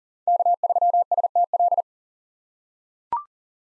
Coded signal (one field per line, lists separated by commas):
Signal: Morse code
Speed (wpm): 39 wpm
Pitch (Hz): 700 Hz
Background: none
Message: K3STL